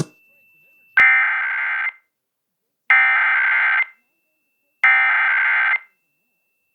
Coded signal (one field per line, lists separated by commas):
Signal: Emergency Alert System (SAME) tones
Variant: header bursts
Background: speech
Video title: EAS: Pennsylvania Required Monthly Tests (7/18/19)(EAS #146-150)